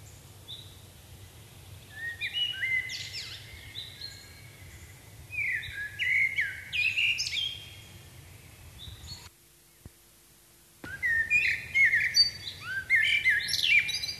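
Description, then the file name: Common blackbird singing several varied phrases of mellow whistles and high squeaky twitters, with a brief silent break midway. "Turdus merula"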